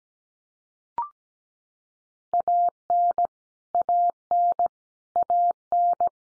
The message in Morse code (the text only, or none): AN AN AN